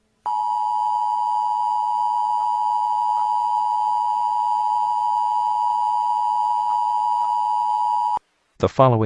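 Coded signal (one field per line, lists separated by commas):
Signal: Emergency Alert System (SAME) tones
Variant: 853 and 960 Hz attention tone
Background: speech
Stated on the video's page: Simulated EAS alert for a fictitious Halloween shooting at a Texas elementary school.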